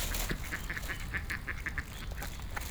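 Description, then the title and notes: Duck calls in a quick run of short, clipped notes, with low background noise underneath. Ducks being fed by two people, Michael and Nathan, in Spoorwijk, Laak, while they talk about the surrounding sounds. "Michael en Nathan voeren de eenden, gesprek over geluidomgeving van Spoorwijk, Laak"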